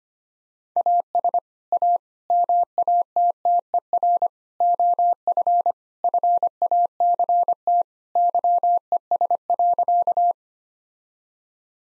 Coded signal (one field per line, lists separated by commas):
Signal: Morse code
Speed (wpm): 25 wpm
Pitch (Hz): 700 Hz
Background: none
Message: AS A MATTER OF FACT YES.